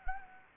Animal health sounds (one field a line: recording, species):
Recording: mosquito wingbeat signal from an infrared sensor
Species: Anopheles gambiae